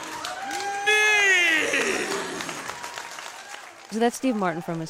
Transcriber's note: soundbite of clapping